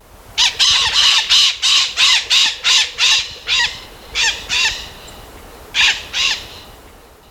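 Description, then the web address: Golden-plumed parakeet harsh squawking calls, about a dozen rasping notes in a quick series, a pause, then two more. Recorded in Ecuador. "Birds of Ecuador. Golden-Plumed Parakeet"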